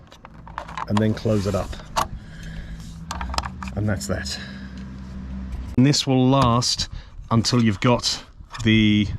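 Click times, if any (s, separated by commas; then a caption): 3.4 s. The locking mechanism on a Thule sliding roof bar on a 2004 Volkswagen Touareg is closed up after the lock is pushed into place despite a broken internal plastic part, as a fix meant to hold until the part at the bottom is replaced. Someone talks while a cluster of sharp plastic and metal clicks sounds, and the lock seats closed at 3.4 s.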